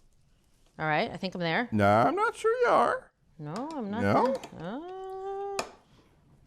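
A side-cutting can opener's cutting edge is positioned under the rim of a can while people talk through a couple of unsure tries. A sharp hit at 5.6 s marks the opener clamping onto the can rim, and it is confirmed seated; this opener gives no click while it cuts.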